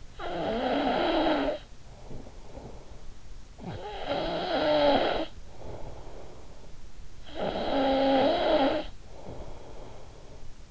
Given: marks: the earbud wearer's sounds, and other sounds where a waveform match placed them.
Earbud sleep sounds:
sounds in sleep by an in-ear microphone; snoring breath
0.00-3.46 s: snoring breath
3.57-7.09 s: snoring breath
7.29-10.71 s: snoring breath

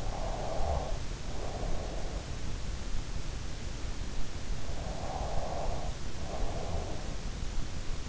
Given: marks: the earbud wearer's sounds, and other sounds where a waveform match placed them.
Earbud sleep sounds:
sounds in sleep by an in-ear microphone; breath, snoring breath
0.00-2.62 s: breath
4.58-7.45 s: snoring breath

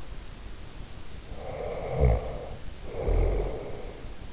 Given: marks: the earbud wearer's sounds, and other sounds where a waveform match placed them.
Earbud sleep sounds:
sounds in sleep by an in-ear microphone; snoring breath
1.25-4.13 s: snoring breath

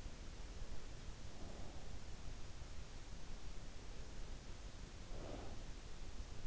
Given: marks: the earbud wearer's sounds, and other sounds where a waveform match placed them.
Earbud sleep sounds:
sounds in sleep by an in-ear microphone; breath
0.99-2.37 s: breath
4.60-5.85 s: breath

